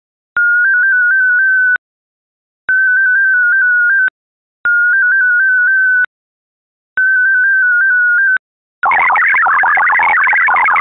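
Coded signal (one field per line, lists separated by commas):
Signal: multi-tone FSK (Olivia or MFSK type)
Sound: four short warbling tone bursts, then rapid chirping multi-tone data warble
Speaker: je hebt om de dader te ontvangen in eerste instantie alleen fl digi nodig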